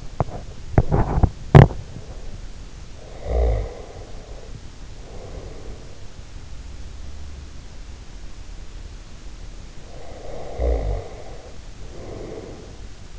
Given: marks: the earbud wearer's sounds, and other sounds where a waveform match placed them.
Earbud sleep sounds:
sounds in sleep by an in-ear microphone; body movement, snoring breath
0.00-1.81 s: body movement
3.05-6.43 s: snoring breath
9.87-13.18 s: snoring breath

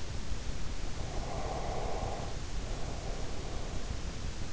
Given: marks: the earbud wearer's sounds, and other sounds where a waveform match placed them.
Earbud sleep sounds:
sounds in sleep by an in-ear microphone; breath
0.57-4.02 s: breath

